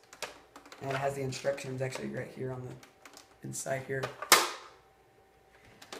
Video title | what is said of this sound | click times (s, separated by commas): [DANK] AUTOMATIC NERF GUNS??? - Nerf N-Strike Vulcan EBF-25 Full Review And Firing Test | come attached so you go off we'll just push it on there make sure it clicks one | 0.2 s